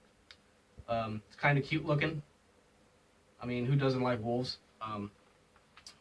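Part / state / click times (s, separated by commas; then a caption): hinged lid of a toy phone morpher / seated / 5.9 s. A person talks, then flips open the hinged plastic lid of a toy wolf-head phone morpher. A few light clicks lead up to a sharp snap at 5.9 s as the lid opens fully and seats into place.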